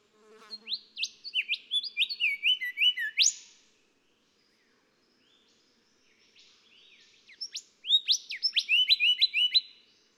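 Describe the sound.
Golden whistler song: two phrases of rapid ringing whistles, the first ending in an emphatic rising crack, separated by a quiet pause with soft notes.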